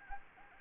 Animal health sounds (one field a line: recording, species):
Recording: mosquito wingbeat signal from an infrared sensor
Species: Anopheles arabiensis